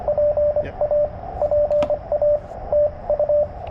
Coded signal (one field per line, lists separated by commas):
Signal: Morse code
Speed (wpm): 24 wpm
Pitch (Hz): 590 Hz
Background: radio noise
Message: PA PA TU